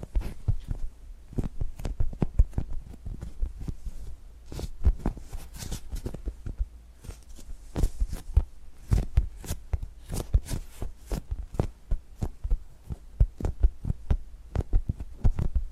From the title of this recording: Tapping and Gripping Sounds